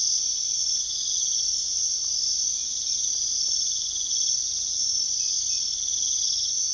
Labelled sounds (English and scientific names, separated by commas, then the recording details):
none
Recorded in secondary vegetation near Puerto Asís, Putumayo, Colombia, on 21 February 2024 at 04:00
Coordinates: 0.500, -76.326
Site G6428